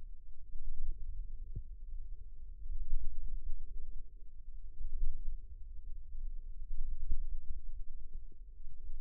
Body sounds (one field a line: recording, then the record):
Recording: forearm muscle sounds (acoustic myography)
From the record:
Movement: wrist extension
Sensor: system 2, bracelet of six BSWA MPA416 microphones around the upper forearm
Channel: 6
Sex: female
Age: 22 years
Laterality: right